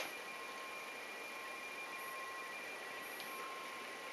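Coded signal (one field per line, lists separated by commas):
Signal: RTTY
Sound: fast warbling two-tone teleprinter chatter over hiss, with a faint steady whistle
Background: radio static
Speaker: ist jetzt RTTY also ein Radio Fernschreiben Wetterbericht auch vom Deutschen Wetterdienst das ist jetzt erstmal synop Code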